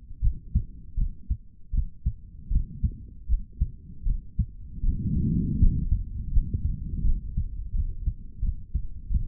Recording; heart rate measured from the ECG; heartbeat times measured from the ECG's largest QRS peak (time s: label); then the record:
heart sounds by stethoscope; 81 bpm
0.20 s: heartbeat
0.95 s: heartbeat
1.71 s: heartbeat
2.49 s: heartbeat
3.27 s: heartbeat
4.04 s: heartbeat
4.81 s: heartbeat
5.57 s: heartbeat
6.30 s: heartbeat
7.02 s: heartbeat
7.72 s: heartbeat
8.40 s: heartbeat
9.08 s: heartbeat
From the record:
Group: healthy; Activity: rest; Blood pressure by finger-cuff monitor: 123/76 mmHg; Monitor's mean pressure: 93 mmHg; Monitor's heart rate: 79 bpm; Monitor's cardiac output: 4.2 L/min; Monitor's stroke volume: 54 mL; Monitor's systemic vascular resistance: 1590 dyn s/cm5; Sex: male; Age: 55 years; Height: 167 cm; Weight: 57.2 kg